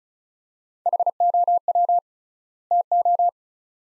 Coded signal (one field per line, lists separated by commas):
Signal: Morse code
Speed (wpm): 36 wpm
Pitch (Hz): 700 Hz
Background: none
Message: HOW TO